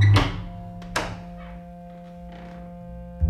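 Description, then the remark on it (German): Knocking on one of the doors on a building's ground floor in a radio drama: a couple of dull, heavy thumps spaced about a second apart, then a lull and another low knock, over a steady low hum with no voices. “LaViolette klopfte an eine der Türen.”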